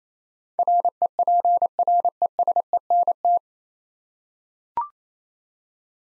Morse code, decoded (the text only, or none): REPRESENT